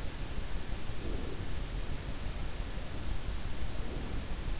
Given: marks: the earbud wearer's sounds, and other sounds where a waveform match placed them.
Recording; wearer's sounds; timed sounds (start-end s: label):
sounds in sleep by an in-ear microphone; breath
0.96-1.58 s: breath
3.81-4.26 s: breath